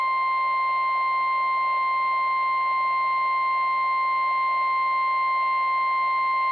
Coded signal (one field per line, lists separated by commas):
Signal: Emergency Alert System (SAME) tones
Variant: 1050 Hz attention tone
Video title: EAS #188-#196: Small Event and a Random RMT | KHB36 & WINC